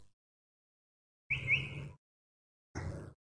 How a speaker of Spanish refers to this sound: Es un mimus. Está copiando, está hablando distintos lenguajes. Calandria, mimus saturninos. Escúchenla.